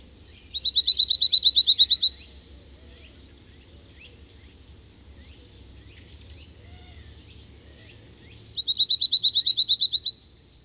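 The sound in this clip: Cirl bunting singing a fast, even metallic trill of repeated notes, two bursts several seconds apart, with quiet chirps and low rumble between.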